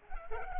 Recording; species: mosquito wingbeat signal from an infrared sensor; Culex pipiens